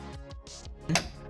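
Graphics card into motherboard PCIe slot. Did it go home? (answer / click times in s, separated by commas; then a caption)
yes / 1.0 s. A graphics card is pushed straight down into the motherboard's PCIe slot, and the plastic locking latch at the end of the slot snaps into place with a sharp click at 0.9 s. Quieter sounds come before it over steady background music, and the card is seated.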